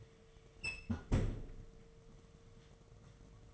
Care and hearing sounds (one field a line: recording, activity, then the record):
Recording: daily activity, microphone in the room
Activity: close fridge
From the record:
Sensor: 4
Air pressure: 1015.8 hPa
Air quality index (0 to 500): 186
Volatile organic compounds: 9 ppm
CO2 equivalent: 2143 ppm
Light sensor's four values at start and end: 12/27/11/12 and 13/31/13/13